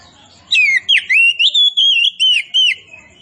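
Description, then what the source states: Oriental magpie-robin song: a string of sweet, slurred whistles, each dipping or arching, delivered in quick succession for about two seconds. Indonesian name kacer poci; described as gacor, singing vigorously.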